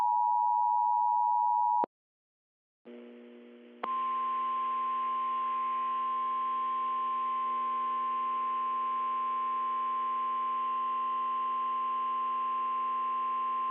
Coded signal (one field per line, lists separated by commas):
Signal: Emergency Alert System (SAME) tones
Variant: 853 and 960 Hz attention tone